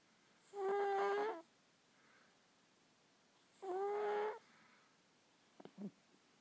Cat snoring.